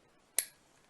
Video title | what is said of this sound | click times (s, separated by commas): Northwestern Bell Big Button Corded Phone Plus Review | you heard it snap into place so that part's already assembled simple and easy | 0.4 s